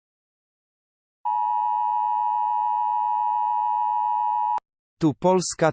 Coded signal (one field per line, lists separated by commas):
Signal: Emergency Alert System (SAME) tones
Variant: 853 and 960 Hz attention tone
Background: speech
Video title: EAS Scenario #43: The Return of the USSR.